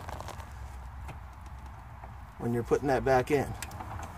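The PCV valve hose's quick-connect fitting is handled as it is pushed back toward its port on a Spectre 9976 cold air intake on an F-150 engine, with a few faint ticks near the start. Someone talks briefly in the middle of the clip. Nothing has seated or clicked yet.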